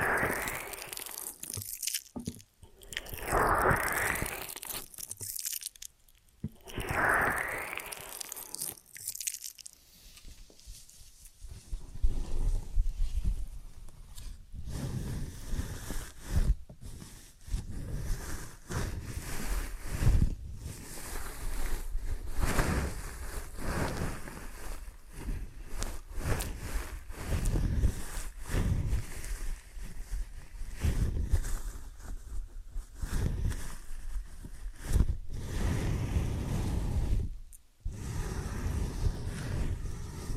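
Ear and scalp massage with dense, rustling friction sounds that come in uneven bursts, with brief quiet breaks around 2, 7 and 37 seconds.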